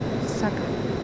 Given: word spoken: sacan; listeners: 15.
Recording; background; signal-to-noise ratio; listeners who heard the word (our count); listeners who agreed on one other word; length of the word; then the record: one Spanish word in noise, from a listening test; speech-shaped noise; -4.8 dB; 2 of 15; 12 of 15; 0.63 s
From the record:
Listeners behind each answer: 12, 2, 1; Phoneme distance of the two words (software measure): 7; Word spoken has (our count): 2 syllables, 5 phonemes, stress on syllable 1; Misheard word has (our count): 2 syllables, 4 phonemes, stress on syllable 1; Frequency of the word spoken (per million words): 7.34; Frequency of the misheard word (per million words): 27.26